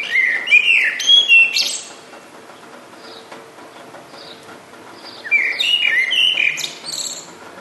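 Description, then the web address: Bird song of sharp, high chirped phrases opening the recording and returning after five seconds, with faint softer notes between and a continuous rainy hiss. "sonido de pajaros cantando bajo la lluvia"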